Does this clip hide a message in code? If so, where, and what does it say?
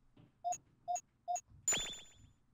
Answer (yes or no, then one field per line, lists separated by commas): no